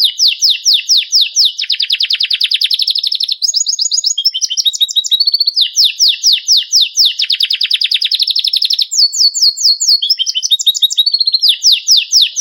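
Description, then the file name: Belgian canary delivering a long varied song: repeated swept whistles, fast rattling trills, chattering twitters, and returning sweeping phrases, almost without a break. White Belgian canary; song. "canto do canario belga branco"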